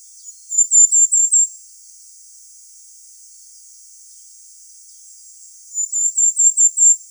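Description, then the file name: Firecrest: two bursts of five or six very high, thin notes, separated by about four seconds of quiet. "Korolek krasnogolovyj"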